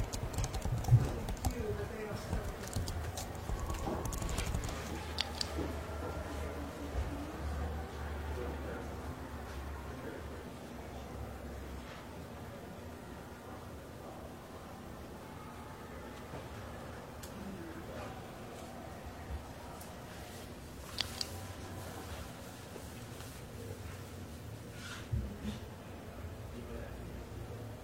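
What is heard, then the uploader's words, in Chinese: Library ambience with a steady low murmur of room noise, louder during the first few seconds with a deep rumble that fades after about five seconds. Scattered soft taps and brief rustles, like page turns or writing, appear sparsely, with small clicks near 21 and 25 seconds. 公共图书馆沉浸式学习 图书馆环境音 打字声 写字翻书。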